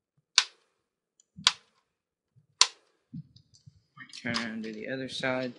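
A small screwdriver is pushed into the release holes on the back of a game console, popping the plastic case clips open one by one with three sharp pops at 0.4 s, 1.5 s and 2.6 s. Each pop is followed by faint handling sounds, and then someone talks. The clips are released.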